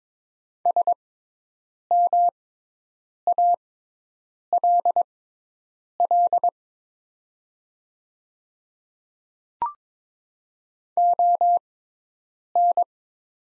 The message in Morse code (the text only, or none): SMALL ON